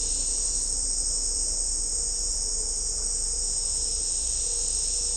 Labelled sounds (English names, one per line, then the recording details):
none
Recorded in dense forest near Puerto Asís, Putumayo, Colombia, on 20 December 2024 at 16:00
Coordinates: 0.499, -76.324
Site G045